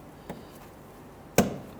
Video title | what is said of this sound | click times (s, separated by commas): How to Replace Radiator 2011-2017 Nissan Quest | push it up and you're going to feel it and hear it lock into place | 1.4 s